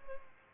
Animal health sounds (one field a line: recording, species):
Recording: mosquito wingbeat signal from an infrared sensor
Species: Culex pipiens